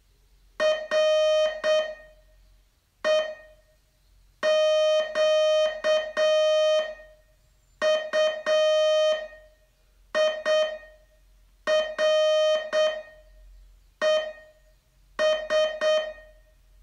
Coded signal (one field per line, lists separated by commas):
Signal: Morse code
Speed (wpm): 7 wpm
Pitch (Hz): 620 Hz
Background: music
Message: REQUIRES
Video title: Learn Morse in 42 Days from VU2LAU - day 34 test